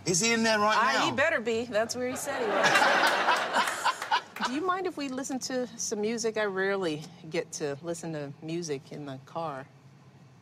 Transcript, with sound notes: Is he in there right now?
He better be. That's where he said he was.
(LAUGHTER)
Do you mind if we listen to some music? I rarely get to listen to music in the car.